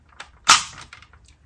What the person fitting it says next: Oh, loud click, right?